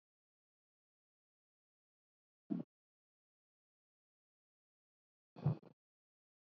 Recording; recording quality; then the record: shallow breathing; poor, much background noise or distortion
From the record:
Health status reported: recovered from COVID-19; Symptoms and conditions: fever, muscle pain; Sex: male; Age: 28 years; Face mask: worn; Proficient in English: yes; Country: India